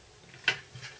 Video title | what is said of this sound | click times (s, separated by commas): Sea Flanker 01.mov | that is an incredibly tight fit there you go you probably heard it snap into place there | 0.5 s